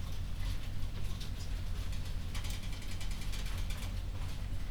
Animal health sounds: poultry house recording; no chicken sound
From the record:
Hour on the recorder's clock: 22

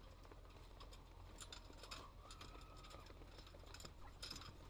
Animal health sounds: poultry house recording; healthy chickens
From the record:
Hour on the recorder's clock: 17

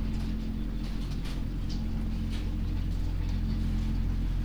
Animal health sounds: poultry house recording; healthy chickens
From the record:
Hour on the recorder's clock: 23

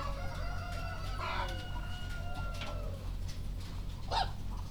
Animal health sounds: poultry house recording; sick chickens (respiratory disease)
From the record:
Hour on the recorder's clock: 0

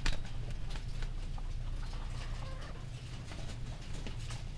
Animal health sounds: poultry house recording; healthy chickens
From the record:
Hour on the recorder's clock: 19

